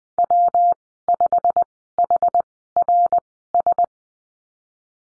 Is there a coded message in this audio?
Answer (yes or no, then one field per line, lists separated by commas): yes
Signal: Morse code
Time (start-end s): 0.2-3.8 s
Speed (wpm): 20 wpm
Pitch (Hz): 700 Hz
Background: none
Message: W5HRS